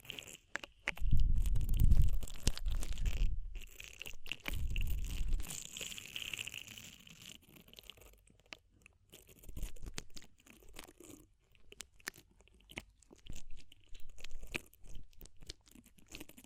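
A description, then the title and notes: Ear cleaning sounds with a crunchy, crackling texture. Heavy low rumbling scrapes fill the first five seconds, then give way to quieter, sparse clicks and crackles. A few firmer rustling bursts return around ten and fourteen seconds. ASMR DEEP Ear Penetrating Cleaning (No Talking).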